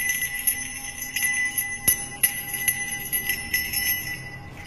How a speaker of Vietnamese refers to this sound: Một hồi thầy dừng lại, lấy từ trong tay nải ra một cái chuông nhỏ, có lẽ được đúc bằng đồng thau đen sao. Thầy bắt đầu rung chuông, vang lên những tiếng lanh lảnh.